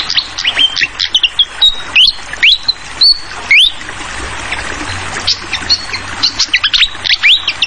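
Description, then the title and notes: Fantail song of sharp rising whistled upslurs and short clear notes around mid-high pitch, given in quick bursts over a steady trickling, splashing water background. Tutoring recording (masteran) for training songbirds, featuring a clear-voiced fantail mixed with the sound of flowing water. "Masteran Sikatan Kipas Suara Jernih Dan Suara Gemericik Air. Suara Burung Sikatan Londo"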